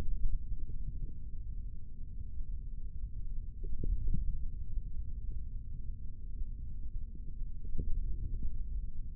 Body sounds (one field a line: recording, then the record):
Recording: forearm muscle sounds (acoustic myography)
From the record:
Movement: finger pinch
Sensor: system 3, bracelet of six PUI Audio POM-2738L microphones around the upper forearm, with dedicated amplification and filtering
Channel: 1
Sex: male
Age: 25 years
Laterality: right